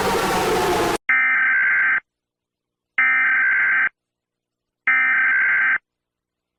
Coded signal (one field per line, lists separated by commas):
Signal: Emergency Alert System (SAME) tones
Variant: header bursts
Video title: Ceuta (España) EAS Alarm (BAJAR EL VOLUMEN ⚠️‼️)